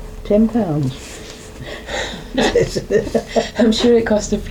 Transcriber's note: laughs